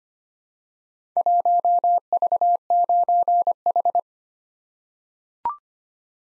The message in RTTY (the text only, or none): none